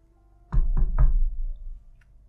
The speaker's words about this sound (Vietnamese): Cánh cửa đã mở sẵn, ông vẫn gõ 3 tiếng.